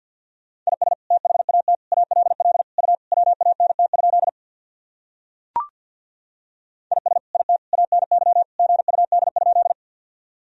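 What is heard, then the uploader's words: Morse code beeps at a single mid-pitched tone, sent in quick groups of short and long pulses from about 0.7 to 4.3 seconds, then again from 7 to 9.8 seconds. In the silent gap a single sharp click sounds near 5.5 seconds. These sentences are composed of the Top 200 words and Morse code abbreviations. First, the words and abbreviations are sent in Morse code.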